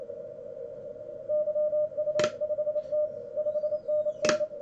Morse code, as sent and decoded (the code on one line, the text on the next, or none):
-.-- ..- ..... - / ..... -. -.
YU5T 5NN